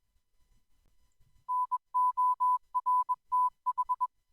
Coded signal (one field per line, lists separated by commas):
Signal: Morse code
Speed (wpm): 21 wpm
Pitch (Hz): 1000 Hz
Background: none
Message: NORTH